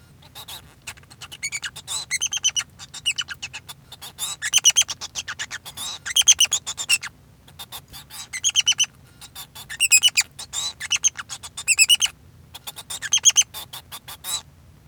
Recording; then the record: song of a male Bengalese finch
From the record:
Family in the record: son of father 2